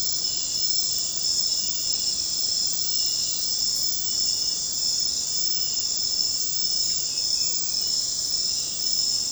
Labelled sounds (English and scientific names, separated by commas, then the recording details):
none
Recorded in secondary vegetation near Puerto Asís, Putumayo, Colombia, on 9 March 2025 at 00:30
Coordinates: 0.484, -76.319
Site G010